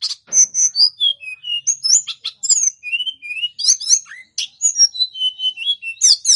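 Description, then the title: Tledekan gunung: songbird song, a lively sequence of high whistled notes, short slurred phrases and trills, with only brief pauses throughout. Tledekan gunung song used as a master recording for training caged birds. "Masteran Tledekan Gunung Sikatan Gunung"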